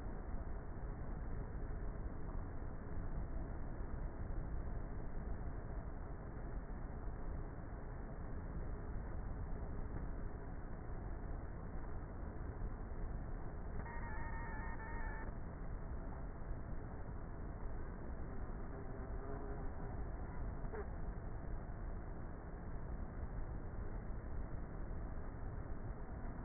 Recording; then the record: honeybee colony, microphone inside the hive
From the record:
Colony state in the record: queenless with a low population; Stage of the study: before two queens were removed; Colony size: about 30,000 bees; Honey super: no